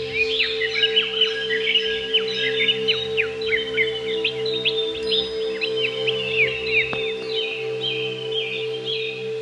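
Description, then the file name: Greater green leafbird song of rapid twittering and downslurred whistles, running on without breaks, over a continuous low hum. "cucak ijo"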